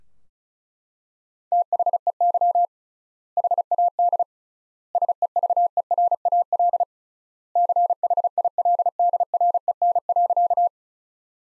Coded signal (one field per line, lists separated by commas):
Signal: Morse code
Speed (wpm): 36 wpm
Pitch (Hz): 700 Hz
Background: none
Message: THEY HAD SEVERAL CHILDREN.